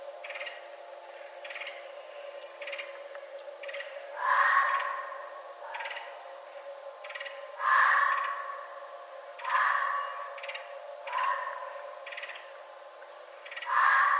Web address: Red Fox 2011 11 11 Red Fox